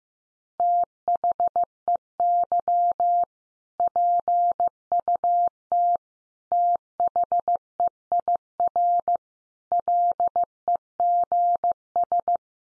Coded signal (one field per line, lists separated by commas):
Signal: Morse code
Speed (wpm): 15 wpm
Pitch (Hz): 700 Hz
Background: none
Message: THEY PUT THEIR LEGS